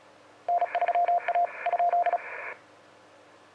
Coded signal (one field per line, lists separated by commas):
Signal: Morse code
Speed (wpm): 36 wpm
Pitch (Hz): 700 Hz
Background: none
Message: N3A ?